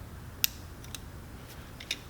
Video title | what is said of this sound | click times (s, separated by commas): '19 Electra Glide Standard Lighted Hand Controls Installation - Fat Head Cycles | it into the factory housing till you hear a snap then | 0.4 s